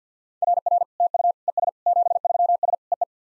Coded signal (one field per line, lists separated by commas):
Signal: Morse code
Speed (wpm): 50 wpm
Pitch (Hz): 700 Hz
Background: none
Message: RR TU ES 73S EE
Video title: SOTA QSO Practice 50wpm